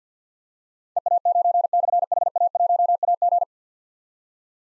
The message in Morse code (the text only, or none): EA9/HA1AG